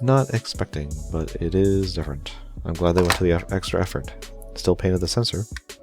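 Someone talks while a plastic rifle is handled and fitted toward a model kit figure's hand. Nothing has seated or clicked into place yet; the clip ends just before the rifle locks in.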